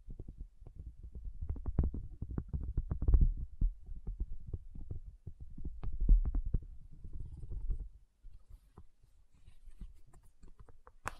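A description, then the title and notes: A tapping session of dense, irregular low knocks and thumps that thin out after eight seconds into sparse, quiet taps with a final bright click. ASMR 1 Hour Tapping Session (No Talking).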